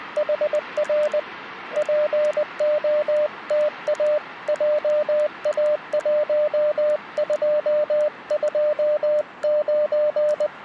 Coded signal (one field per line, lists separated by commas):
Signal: Morse code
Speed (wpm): 20 wpm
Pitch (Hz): 600 Hz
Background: radio noise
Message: HR POTA JA1229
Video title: POTA CW P2P Park to Park QSO 初心者CW 現実はこんな厳しさが・・マニア向け JA-1229 砧公園 2023/10/22 アマチュア無線 VLOG 336